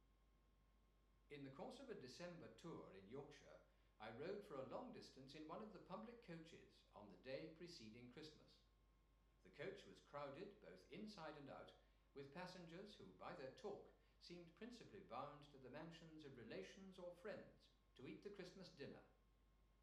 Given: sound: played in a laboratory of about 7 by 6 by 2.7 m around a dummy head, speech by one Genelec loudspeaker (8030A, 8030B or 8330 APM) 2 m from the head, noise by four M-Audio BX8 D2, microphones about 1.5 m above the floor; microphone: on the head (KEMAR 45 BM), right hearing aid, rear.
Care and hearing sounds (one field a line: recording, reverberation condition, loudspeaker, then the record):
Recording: male speech in English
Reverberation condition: medium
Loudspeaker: 90 degrees to the right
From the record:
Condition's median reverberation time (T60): about 510 ms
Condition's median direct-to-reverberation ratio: about -0.5 dB